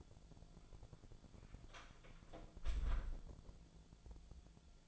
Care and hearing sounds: daily activity, microphone in the room; close door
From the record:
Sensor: 5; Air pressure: 1000.6 hPa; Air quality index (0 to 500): 152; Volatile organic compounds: 2 ppm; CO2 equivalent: 1177 ppm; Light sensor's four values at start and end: 49/115/48/51 and 49/115/48/51

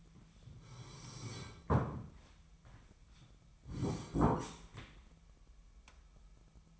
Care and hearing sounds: daily activity, microphone in the room; sit down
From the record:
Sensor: 1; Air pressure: 998.6 hPa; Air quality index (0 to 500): 122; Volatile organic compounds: 3 ppm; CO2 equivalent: 1449 ppm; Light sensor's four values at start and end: 10/24/10/12 and 10/24/10/12

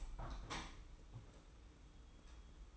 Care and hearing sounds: daily activity, microphone in the room; open window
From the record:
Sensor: 1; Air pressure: 991.2 hPa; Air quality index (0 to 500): 115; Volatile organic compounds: 154 ppm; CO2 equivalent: 4041 ppm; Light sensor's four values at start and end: 37/117/46/48 and 38/119/47/49

